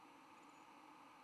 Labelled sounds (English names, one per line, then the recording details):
White-throated Sparrow flight call
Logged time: 06:54 on 10 November 2014